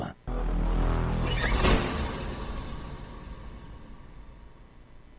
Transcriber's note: door shuts